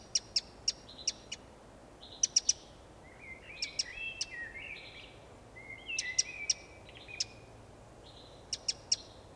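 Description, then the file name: Eurasian wren calls: crisp ticking notes in pairs and triplets, interspersed with short, high, slightly wavering whistles. "Troglodytes troglodytes"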